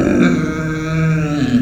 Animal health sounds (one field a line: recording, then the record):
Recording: squeal of a Yucatan mini pig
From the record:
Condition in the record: after surgery on the right vocal fold (resection and tissue-engineered implant)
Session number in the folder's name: 6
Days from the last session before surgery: 40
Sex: female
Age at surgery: 19 weeks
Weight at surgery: 25 kg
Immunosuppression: prednisolone